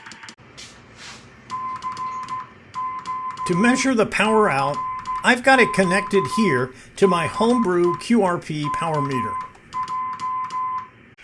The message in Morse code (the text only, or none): CQ CQ DE KJ